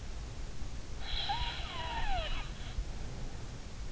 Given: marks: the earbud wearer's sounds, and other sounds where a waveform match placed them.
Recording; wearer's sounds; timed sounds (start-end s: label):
sounds in sleep by an in-ear microphone; snoring breath
1.03-3.60 s: snoring breath